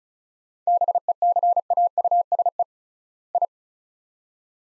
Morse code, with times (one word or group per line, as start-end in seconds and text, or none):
0.7-2.6 BECAUSE
3.3-3.5 I